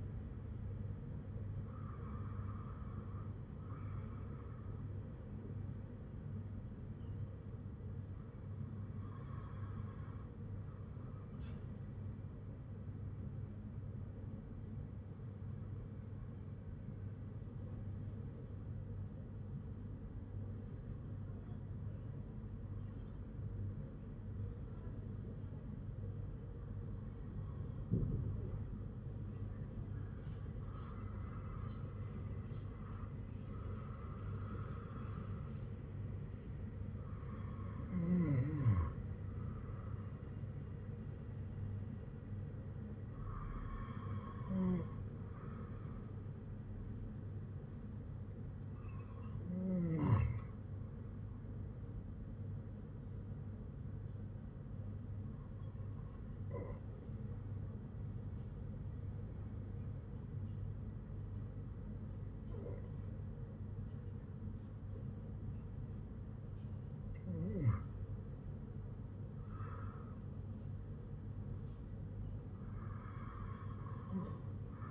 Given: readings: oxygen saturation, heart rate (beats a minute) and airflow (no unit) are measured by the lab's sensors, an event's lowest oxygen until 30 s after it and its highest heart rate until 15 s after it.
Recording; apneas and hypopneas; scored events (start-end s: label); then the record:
breathing in sleep by a smartphone at the bedside; 1
7.00-74.91 s: new sleep stage, N2 (light sleep)
13.00-30.30 s: hypopnea (N2, oxygen 97% highest, then 94% lowest, heart rate 54 at the start, 63 highest)
From the record:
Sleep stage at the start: N1 (lightest sleep); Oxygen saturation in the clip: 93 to 98%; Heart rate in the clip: 52 to 63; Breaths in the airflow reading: 11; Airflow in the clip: -7.2 to 7.9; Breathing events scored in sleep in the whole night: 182 in 7.4 hours asleep